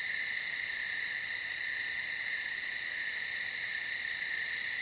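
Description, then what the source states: Cricket producing a steady, shrill, uninterrupted trill at constant pitch, nothing else clearly heard. In the forest.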